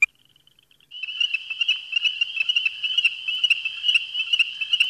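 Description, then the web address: Ornate chorus frog calls, a quiet ticking start, then after a second a dense chorus of high, shrill peeps pulsing rapidly and overlapping steadily to the end. "Frog Calls Pseudacris ornata - Ornate Chorus Frog"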